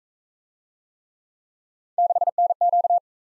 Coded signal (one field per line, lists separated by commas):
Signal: Morse code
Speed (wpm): 37 wpm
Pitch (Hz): 700 Hz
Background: none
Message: 6NQ